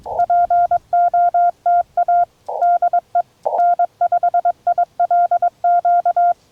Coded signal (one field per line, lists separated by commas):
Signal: Morse code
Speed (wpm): 22 wpm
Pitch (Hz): 700 Hz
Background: none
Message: POTA DE N5ILQ